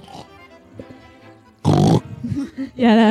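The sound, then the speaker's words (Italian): A recording of a heavy sow in a bathtub: she grunts and oinks in short bursts, a loud rough squeal-like blast in the middle followed by a couple of lower grunts and a final strong, harmonic oink. “Abbiamo un file audio del maiale in questione.”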